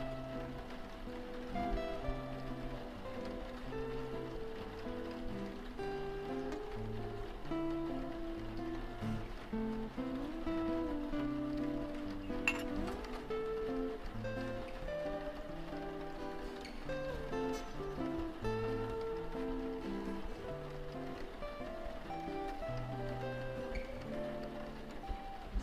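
Jazz plays steadily through a cafe scene, with a walking low bass line and mellow chords moving at an easy pace. A soft hiss of rain sits underneath at an even level, and a single sharp clink sounds around the midpoint.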